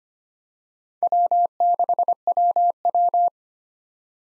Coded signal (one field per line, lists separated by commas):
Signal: Morse code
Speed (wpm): 25 wpm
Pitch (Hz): 700 Hz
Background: none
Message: W6WW